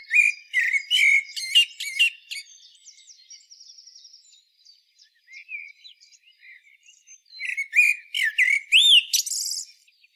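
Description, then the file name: Common blackbird song: quick whistled and chattering notes at the start, a quieter stretch of thin twitters, then a loud burst ending in high whistles. "Turdus merula"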